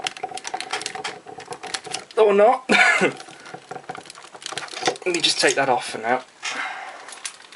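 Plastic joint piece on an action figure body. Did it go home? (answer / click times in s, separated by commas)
no / none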